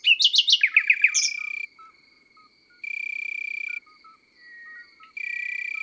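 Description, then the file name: Common nightingale delivering a rapid series of bright descending notes, then pausing while a flat, high buzzing tone sounds on and off twice. Recorded in the countryside. "Rossignol philomele Chants doiseaux dans la campagne"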